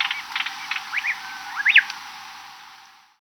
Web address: Natures Songs S America Birds of Ecuador Plain-Tailed Wren